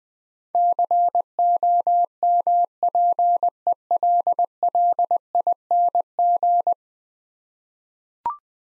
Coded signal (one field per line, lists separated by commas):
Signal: Morse code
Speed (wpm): 20 wpm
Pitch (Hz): 700 Hz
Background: none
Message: COMPELLING